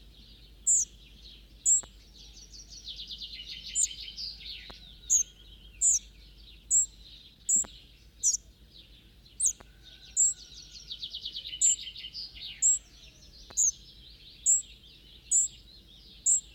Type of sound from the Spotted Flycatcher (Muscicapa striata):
song